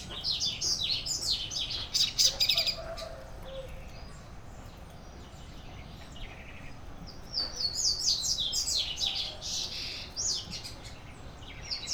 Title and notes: Pássaros cantando na casa do vizinho, carro passando. Data: 09/06/2017 Horário: 06:00.